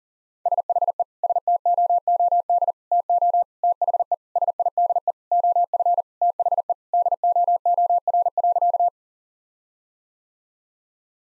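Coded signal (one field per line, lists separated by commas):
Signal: Morse code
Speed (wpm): 40 wpm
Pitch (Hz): 700 Hz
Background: none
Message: SHE STOOD TO THE SIDE OF THE DOOR.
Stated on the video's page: Morse practice at 40 wpm: sentences of common five-word phrases, with the first words spoken, each sentence sent, spoken, then sent again.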